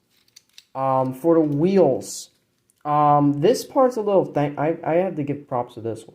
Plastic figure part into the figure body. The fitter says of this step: real not much time to do you just slide that in that kind of locks into place